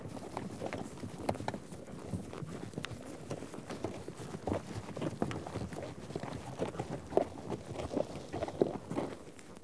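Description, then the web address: Horses on the move, a continuous patter of hoofbeats with heavier low thuds and a steady rustling bed of sound. A herd of horses out on a trek. "BBC Sound Effects Library - Horses Herd of horses out on trek"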